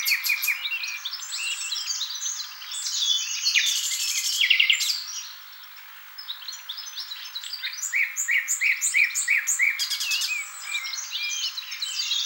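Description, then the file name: Common nightingale singing in bursts of varied phrases, with fast trills, clicks and repeated whistled notes, a short pause near the middle, then more rapid repeated notes. "Luscinia megarhynchos"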